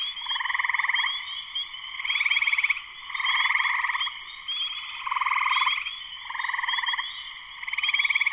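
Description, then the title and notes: Spring peepers in dense chorus, a steady high peeping layer over pulsed trills that swell and fade roughly every second or two. Full chorus shortly after sunset in Sleeping Bear Dunes National Lakeshore, northern Michigan, USA. "Spring peepers (chorus frogs) in concert. Spring peepers (chorus frogs) in full chorus shortly after sunset in the Sleeping Bear Dunes National Lakeshore in northern Michigan, USA. Recorded by Darrin Wassom. Part of the Music for Sleep project"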